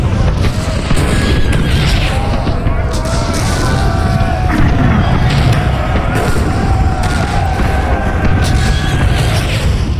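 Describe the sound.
Cannon shots boom repeatedly over a dense, steady roar, the heavy blasts landing at uneven intervals while a muffled voice carries on beneath the din.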